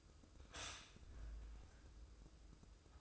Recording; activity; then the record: daily activity, microphone in the room; stop toaster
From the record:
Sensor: 2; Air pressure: 995.2 hPa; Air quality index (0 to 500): 59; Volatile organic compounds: 1 ppm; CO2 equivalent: 970 ppm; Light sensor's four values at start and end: 17/54/21/20 and 17/54/21/20